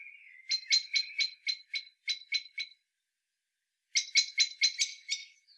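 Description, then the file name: Common blackbird calling with a run of rapid, hard clicking notes, a pause of about a second, then another quick burst of the same notes. "Turdus merula"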